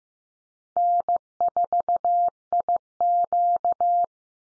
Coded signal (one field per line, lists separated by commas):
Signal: Morse code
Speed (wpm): 15 wpm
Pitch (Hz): 700 Hz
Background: none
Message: N4IQ